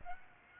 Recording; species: mosquito wingbeat signal from an infrared sensor; Aedes aegypti